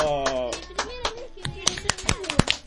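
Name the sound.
applause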